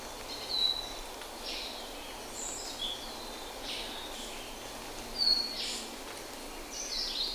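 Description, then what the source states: Birds giving scattered high chirps and short whistles, several brief notes spread irregularly over steady background hiss. In rainforest.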